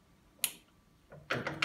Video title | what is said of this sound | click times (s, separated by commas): Essai 6 vitesses | Ouais, c'est bien, j'ai entendu le clic. | 0.4 s